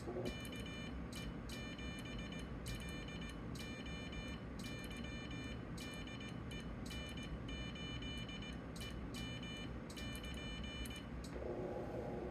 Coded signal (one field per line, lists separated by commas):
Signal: Morse code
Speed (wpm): 18 wpm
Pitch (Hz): 2400 Hz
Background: none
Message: KE7LOY DE N8EM<KN>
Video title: Flex Radio 1500 on CW QSO.